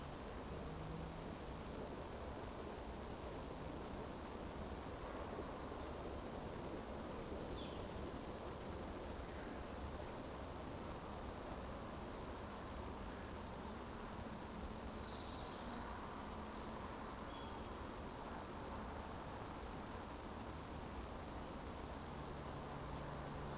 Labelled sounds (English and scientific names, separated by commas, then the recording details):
Eurasian Woodcock (Scolopax rusticola) whistle
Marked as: whistle, whistle, whistle, whistle, whistle, whistle, whistle
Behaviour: display flight
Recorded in Baden-Württemberg, Germany, on 23 June 2020 at 20:21 UTC
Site 14569, 102 m above sea level